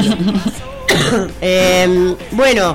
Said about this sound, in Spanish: Bueno, acá estamos, che. Es prender el micrófono para que me dé tos.